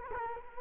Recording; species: mosquito wingbeat signal from an infrared sensor; Culex quinquefasciatus